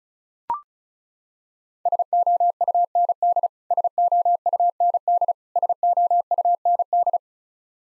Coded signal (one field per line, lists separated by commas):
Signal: Morse code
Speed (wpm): 34 wpm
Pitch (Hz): 700 Hz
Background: none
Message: SOUND SOUND SOUND